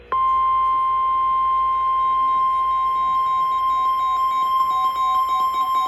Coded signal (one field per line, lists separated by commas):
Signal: Emergency Alert System (SAME) tones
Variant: 1050 Hz attention tone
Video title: EAS #1573 Severe Thunderstorm Warning 3-22-22